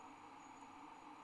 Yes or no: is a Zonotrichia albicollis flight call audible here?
no